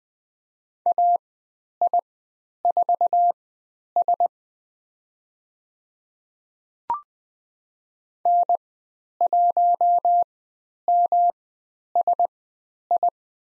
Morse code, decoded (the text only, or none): AI4S N1MSI